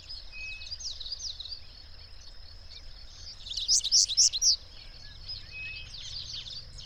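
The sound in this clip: Birds chirping in the background; a quick burst of loud high notes rings out midway, with faint flat whistles before and after.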